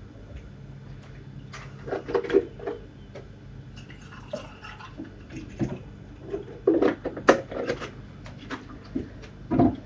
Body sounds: background sound without coughing

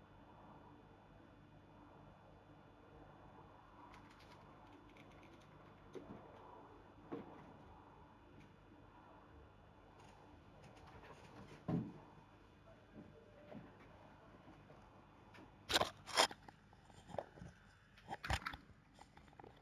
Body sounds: background sound without coughing

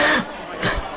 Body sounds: coughing mixed with background sound

